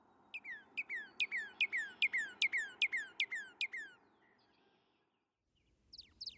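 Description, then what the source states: Northern Cardinal song: a loud series of clear down-slurred whistles lasting about three and a half seconds, then a pause and a couple of fainter notes. Loud string of clear down-slurred or two-parted whistles, often speeding up and ending in a slow trill.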